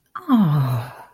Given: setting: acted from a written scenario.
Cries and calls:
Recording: vocal sound without words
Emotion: adoration

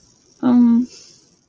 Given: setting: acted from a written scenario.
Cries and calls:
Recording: vocal sound without words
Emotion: sympathy

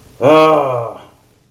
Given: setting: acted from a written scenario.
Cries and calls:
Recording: vocal sound without words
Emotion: distress

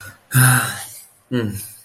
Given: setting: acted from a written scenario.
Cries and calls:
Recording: vocal sound without words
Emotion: guilt

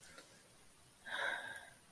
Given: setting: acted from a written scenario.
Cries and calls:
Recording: vocal sound without words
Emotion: guilt

